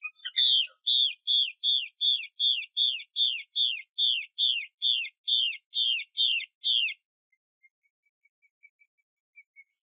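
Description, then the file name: Chinese hwamei: series of about fifteen bright, down-slurred whistles from a Chinese hwamei, evenly spaced, followed by soft faint chips. Female bird. "Tieng chim hoa mi mai xuy"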